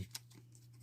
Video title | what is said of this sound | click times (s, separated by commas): Unboxing Master of the Universe Origins Stridor! | the same ankle joints but they click and lock into place so it's got about four positions there | 0.1 s, 0.3 s, 0.6 s